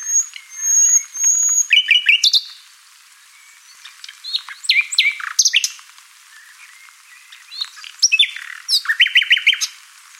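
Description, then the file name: Common nightingale singing varied phrases: thin high whistles, quick repeated chips and rich warbled notes, with pauses between phrases. "Luscinia megarhynchos"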